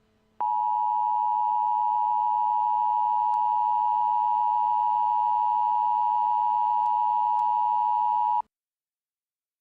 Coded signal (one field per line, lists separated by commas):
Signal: Emergency Alert System (SAME) tones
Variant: 853 and 960 Hz attention tone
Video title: EAS Mock: National Periodic Test